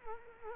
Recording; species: mosquito wingbeat signal from an infrared sensor; Culex quinquefasciatus